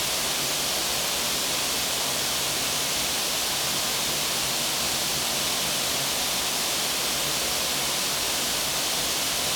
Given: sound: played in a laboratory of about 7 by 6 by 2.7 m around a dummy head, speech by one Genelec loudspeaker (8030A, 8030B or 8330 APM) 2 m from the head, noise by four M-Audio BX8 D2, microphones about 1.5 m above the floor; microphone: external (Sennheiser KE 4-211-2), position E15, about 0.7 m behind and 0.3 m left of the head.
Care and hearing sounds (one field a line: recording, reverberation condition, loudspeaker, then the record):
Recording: white noise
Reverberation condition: high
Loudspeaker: four, about 170 cm from the corners of the room and facing them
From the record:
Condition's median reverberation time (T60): about 1300 ms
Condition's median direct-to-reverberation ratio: about -4.0 dB